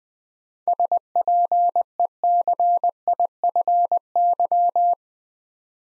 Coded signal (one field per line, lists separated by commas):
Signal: Morse code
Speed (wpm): 20 wpm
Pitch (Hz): 700 Hz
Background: none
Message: SPECIFY